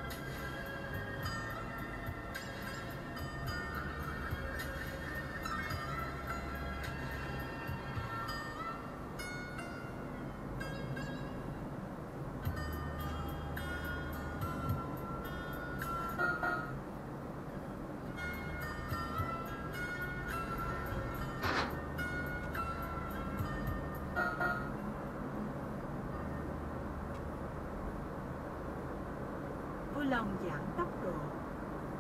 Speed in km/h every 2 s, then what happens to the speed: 29, 29, 32, 37, 38, 41, 42, 43, 41, 38, 42, 46, 48, 49, 50, 52.
0-10 speeds up to 41. 10-19 steady at about 41. 19-22 speeds up to 46. 22-32 steady at about 49.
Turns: none.